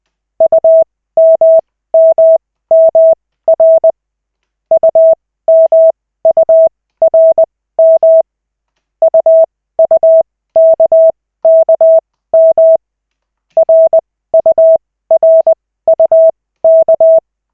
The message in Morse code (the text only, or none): UMMMR UMURM UUKKM RURUK